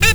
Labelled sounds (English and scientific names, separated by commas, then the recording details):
Zebra Finch (Taeniopygia guttata) stack call
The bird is a female
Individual fem5